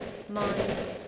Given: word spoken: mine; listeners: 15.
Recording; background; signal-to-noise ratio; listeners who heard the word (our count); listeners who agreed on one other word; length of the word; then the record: one English word in noise, from a listening test; noise modulated by three-talker babble; -3.3 dB; 5 of 15; 10 of 15; 0.68 s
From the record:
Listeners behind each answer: 10, 5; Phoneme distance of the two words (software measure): 7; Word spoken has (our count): 1 syllable, 3 phonemes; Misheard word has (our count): 1 syllable, 4 phonemes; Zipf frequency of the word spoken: 5.04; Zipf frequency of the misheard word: 5.47